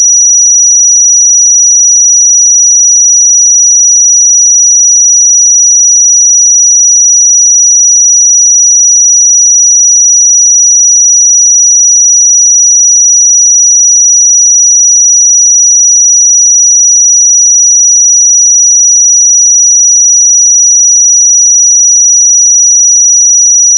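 A pure sine tone at 5838 Hz holds perfectly steady for the full length. It is a single thin, high whistle with no wavering, breaks or change in loudness, and nothing else sounds beneath it.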